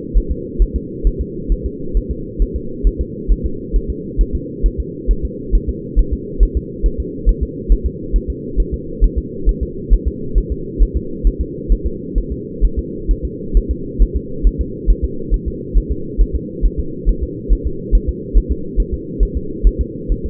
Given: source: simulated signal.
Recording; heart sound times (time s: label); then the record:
fetal heart sounds
0.17 s: S1
0.31 s: S2
0.62 s: S1
0.76 s: S2
1.07 s: S1
1.21 s: S2
1.52 s: S1
1.66 s: S2
1.97 s: S1
2.11 s: S2
2.42 s: S1
2.56 s: S2
2.87 s: S1
3.01 s: S2
3.31 s: S1
3.46 s: S2
3.76 s: S1
3.90 s: S2
4.21 s: S1
4.35 s: S2
4.66 s: S1
4.80 s: S2
5.11 s: S1
5.25 s: S2
5.55 s: S1
5.69 s: S2
5.99 s: S1
6.13 s: S2
6.43 s: S1
6.57 s: S2
6.86 s: S1
7.00 s: S2
7.29 s: S1
7.43 s: S2
7.72 s: S1
7.86 s: S2
8.16 s: S1
8.30 s: S2
8.60 s: S1
8.74 s: S2
9.04 s: S1
9.18 s: S2
9.49 s: S1
9.63 s: S2
9.94 s: S1
10.08 s: S2
10.38 s: S1
10.52 s: S2
10.82 s: S1
10.97 s: S2
11.27 s: S1
11.41 s: S2
11.72 s: S1
11.86 s: S2
12.18 s: S1
12.32 s: S2
12.65 s: S1
12.79 s: S2
13.11 s: S1
13.25 s: S2
13.57 s: S1
13.71 s: S2
14.02 s: S1
14.16 s: S2
14.47 s: S1
14.61 s: S2
14.90 s: S1
15.04 s: S2
15.34 s: S1
15.48 s: S2
15.77 s: S1
15.92 s: S2
16.21 s: S1
16.35 s: S2
16.65 s: S1
16.80 s: S2
17.09 s: S1
17.23 s: S2
17.53 s: S1
17.67 s: S2
17.95 s: S1
18.09 s: S2
18.37 s: S1
18.52 s: S2
18.80 s: S1
18.94 s: S2
19.23 s: S1
19.37 s: S2
19.67 s: S1
19.81 s: S2
20.12 s: S1
20.26 s: S2
From the record:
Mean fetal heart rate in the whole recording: 135 bpm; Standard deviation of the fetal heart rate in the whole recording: 3 bpm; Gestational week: 36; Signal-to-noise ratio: -4.3 dB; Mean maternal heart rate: 72 bpm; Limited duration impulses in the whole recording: absent